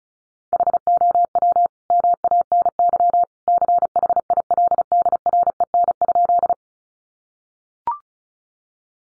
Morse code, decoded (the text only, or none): HOW MANY CHILDREN?